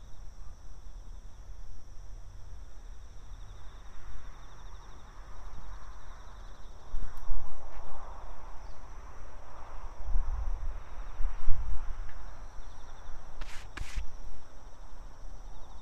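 Insects trill steadily throughout in several high, unbroken tones, over a low rumble of faraway traffic. From about four to twelve seconds a passing vehicle swells and fades in the low middle range, and brief sharp chirps or clicks sound near seven and fourteen seconds.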